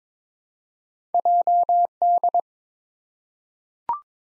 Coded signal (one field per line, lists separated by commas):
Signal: Morse code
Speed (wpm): 22 wpm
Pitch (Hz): 700 Hz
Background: none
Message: JD